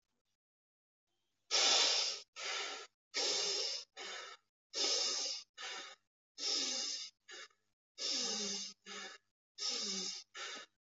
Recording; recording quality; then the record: shallow breathing; excellent, no background noise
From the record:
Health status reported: healthy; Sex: male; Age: 40 years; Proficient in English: yes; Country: India